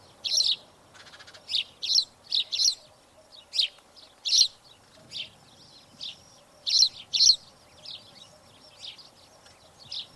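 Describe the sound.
Spanish sparrow calling with loud chirps, often doubled, interspersed with softer ones. A brief crackling buzz is heard near the start.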